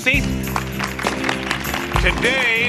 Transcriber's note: soundbite of applause